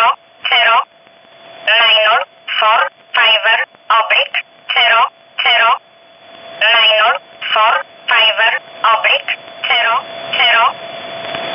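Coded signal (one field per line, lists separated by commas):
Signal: numbers station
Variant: E11 Oblique, English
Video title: 03 06 2019 E11 Oblique Numbers station in English 0640 on 15800 unknown tx site in USB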